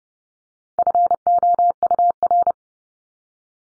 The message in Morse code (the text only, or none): FOUR